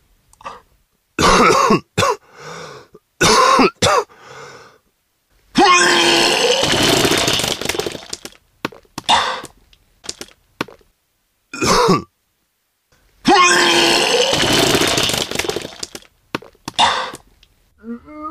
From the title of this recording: vomitsounds